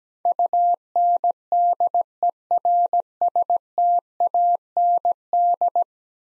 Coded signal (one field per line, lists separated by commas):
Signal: Morse code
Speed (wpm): 17 wpm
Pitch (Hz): 700 Hz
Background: none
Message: UNDERSTAND